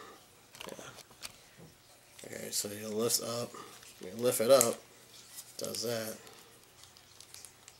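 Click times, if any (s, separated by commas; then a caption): none. Someone talks while lifting the plastic arm/lever of the action mechanism on a 2013 Throw N Battle Donatello toy figure (original print), expecting it to lock in the raised position. Only faint handling taps are heard, and nothing has locked or clicked yet.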